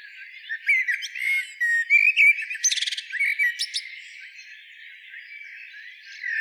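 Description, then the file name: Common blackbird giving a run of loud, sharp notes in uneven bursts for about three seconds, then quieter twittering. "Turdus merula"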